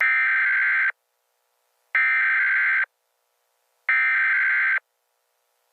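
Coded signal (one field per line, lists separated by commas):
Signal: Emergency Alert System (SAME) tones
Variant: header bursts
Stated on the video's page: Fictional hurricane warning; stated to be fake.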